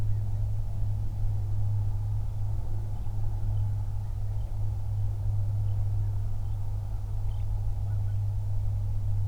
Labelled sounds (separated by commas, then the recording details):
bird, aircraft
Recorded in the Prudhoe Bay oil fields, Alaska, on 31 July 2019 at 08:43
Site 24